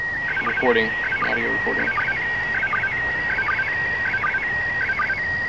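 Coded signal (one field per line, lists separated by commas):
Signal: SSTV (slow-scan television)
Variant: PD 180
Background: speech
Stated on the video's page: ISS slow scan TV transmission received in Raleigh, North Carolina, during the International Space Station SSTV event.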